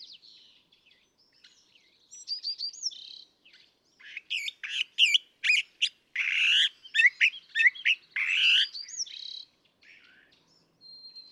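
California thrasher singing a jumble of varied phrases, with scratchy notes and sharp whistled slurs in quick succession, preceded and followed by quieter twittering.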